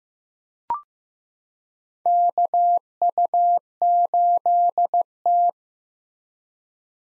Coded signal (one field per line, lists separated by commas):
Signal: Morse code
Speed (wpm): 15 wpm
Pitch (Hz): 700 Hz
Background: none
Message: KU8T